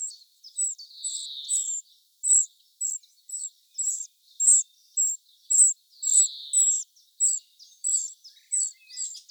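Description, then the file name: Eurasian wren calls: sharp high ticking notes repeated about twice a second, with two lower buzzy churring notes mixed in. "Troglodytes troglodytes"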